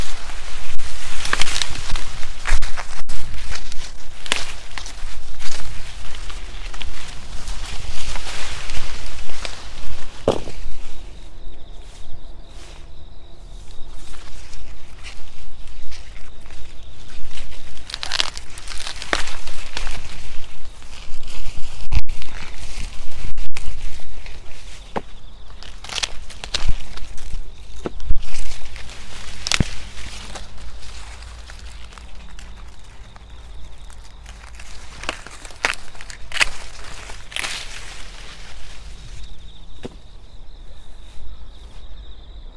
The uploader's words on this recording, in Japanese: 午前中 秋虫の声とモチモロコシ収穫。ガサゴソわけ入り、モチモロコシ収穫(前半ちょっとマイクの線の調子が悪目ですが)。秋虫の鳴き声が心地よい。